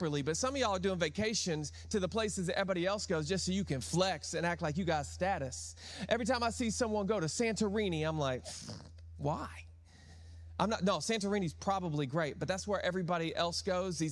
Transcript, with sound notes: But some of y'all are doing vacations to the places that everybody else goes just so you can flex and act like you got status. Every time I see someone go to Santorini, I'm like, [snorts] why? I'm not. No, Santorini is probably great, but that's where everybody else goes.